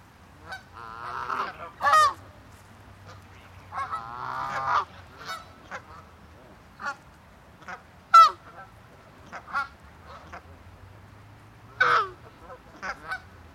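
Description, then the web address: Ducks quacking: hoarse, nasal calls in short bursts, some run together in a rapid chatter, others single and spaced a second or two apart, over a low steady hum. "the sound pack tree. ducks quack"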